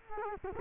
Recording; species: mosquito wingbeat signal from an infrared sensor; Culex quinquefasciatus